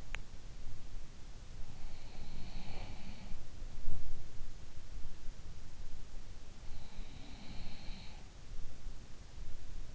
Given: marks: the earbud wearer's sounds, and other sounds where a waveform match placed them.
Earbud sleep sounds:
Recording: sounds in sleep by an in-ear microphone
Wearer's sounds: teeth grinding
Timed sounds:
0.00-0.29 s: teeth grinding
1.52-4.03 s: sound from someone else or the room
6.53-8.76 s: sound from someone else or the room

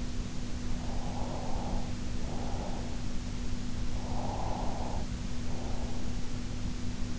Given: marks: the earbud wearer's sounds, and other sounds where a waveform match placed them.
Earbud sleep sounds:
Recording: sounds in sleep by an in-ear microphone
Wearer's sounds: breath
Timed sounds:
0.73-2.98 s: breath
3.95-6.24 s: breath

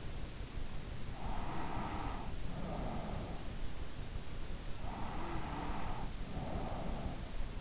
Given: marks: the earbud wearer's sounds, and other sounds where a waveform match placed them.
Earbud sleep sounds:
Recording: sounds in sleep by an in-ear microphone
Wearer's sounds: breath, snoring breath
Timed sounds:
0.91-3.77 s: breath
4.76-7.50 s: snoring breath

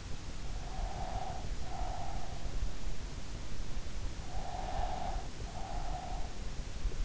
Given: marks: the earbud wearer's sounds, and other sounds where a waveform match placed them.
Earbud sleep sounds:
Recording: sounds in sleep by an in-ear microphone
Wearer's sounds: breath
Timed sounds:
0.45-2.65 s: breath
4.39-6.40 s: breath

